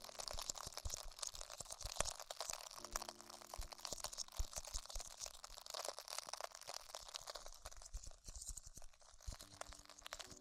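Dense, crisp crinkling and crunching taps crackle steadily throughout, bright and busy, with a faint low hum appearing in short stretches.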